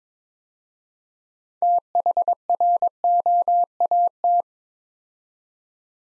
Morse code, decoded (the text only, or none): THROAT